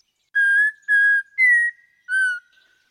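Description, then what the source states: Audubon's oriole song: four clear, steady whistled notes with pauses between them, the third a little higher and the last one lower, against a silent background. Halting song, said to suggest a boy learning to whistle; heard in the dense woodlands of South Texas, including the lower Rio Grande Valley.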